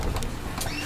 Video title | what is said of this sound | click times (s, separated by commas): Bloom Fresco Chrome High Chair | and then press out you hear the clicks those things slide right out | 0.2 s